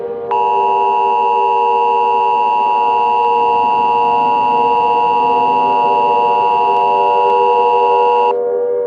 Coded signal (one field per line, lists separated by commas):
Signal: Emergency Alert System (SAME) tones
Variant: 853 and 960 Hz attention tone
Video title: (EAS Scenario) It's Just a Prank Bro! 2: 5 Years Later...